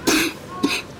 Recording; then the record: coughing mixed with background sound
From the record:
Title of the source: 64 coughing, allergies, singing lungs